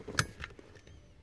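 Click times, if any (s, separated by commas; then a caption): 0.2 s, 0.4 s. A LuvLap baby car seat's bottom crotch buckle is opened by pulling down its red lever, releasing the plastic harness tongues. A sharp click sounds at 0.2 s and a second, quieter click at 0.4 s, and the harness comes free.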